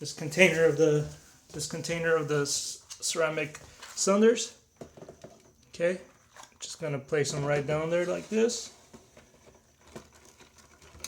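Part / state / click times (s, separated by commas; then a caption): media tray into canister filter / seated / 11.0 s. A plastic media tray holding ceramic cylinders is placed and wiggled down into a Fluval 406 canister filter while someone talks, with faint handling sounds between phrases. The tray snaps into place with a sharp click at 11.1 s, seating it.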